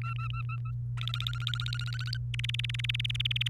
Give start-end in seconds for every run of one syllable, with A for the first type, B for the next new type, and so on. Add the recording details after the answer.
0.01-0.72 A, 0.97-2.17 B, 2.34-3.48 C. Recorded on 28 April 2018 at 06:23. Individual llb3